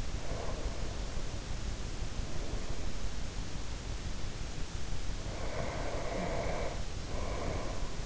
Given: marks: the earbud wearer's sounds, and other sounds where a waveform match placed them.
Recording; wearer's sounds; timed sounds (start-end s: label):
sounds in sleep by an in-ear microphone; breath, snoring breath
0.00-3.14 s: breath
4.96-8.02 s: snoring breath